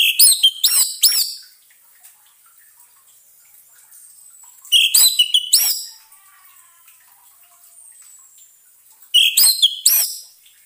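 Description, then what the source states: Orange-headed thrush song: bursts of loud, rich whistled phrases with sharp sliding notes, three bursts separated by pauses of a few seconds. Therapy sound for an orange-headed thrush (anis merah) that has stopped singing (macet bunyi).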